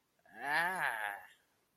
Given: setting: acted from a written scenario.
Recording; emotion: vocal sound without words; disgust